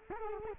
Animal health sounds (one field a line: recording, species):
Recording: mosquito wingbeat signal from an infrared sensor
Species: Culex quinquefasciatus